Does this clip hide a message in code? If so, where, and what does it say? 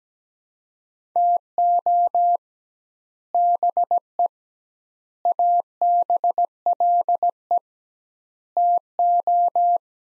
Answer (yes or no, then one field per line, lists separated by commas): yes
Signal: Morse code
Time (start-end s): 1.2-9.8 s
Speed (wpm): 17 wpm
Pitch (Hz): 700 Hz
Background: none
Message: TO BE ABLE TO